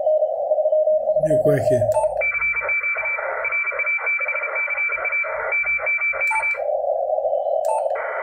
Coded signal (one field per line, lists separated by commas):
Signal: Morse code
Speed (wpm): 33 wpm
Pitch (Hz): 2350 Hz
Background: speech, radio noise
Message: CQ RA6CA MMK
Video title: MMC Contest QRP 5w , Antena Loop Retângulo Amazing #PY1FW